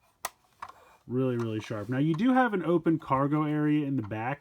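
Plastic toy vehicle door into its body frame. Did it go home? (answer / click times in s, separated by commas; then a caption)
yes / 0.2 s. A plastic door of a toy vehicle is pushed closed into its body frame, its small tabs snapping it into place with a sharp click at 0.3 s. A couple of faint clicks follow around 0.6–0.7 s, then someone talks. The door is seated.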